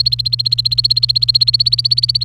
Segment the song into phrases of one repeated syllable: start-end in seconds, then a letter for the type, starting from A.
0.00-2.24 A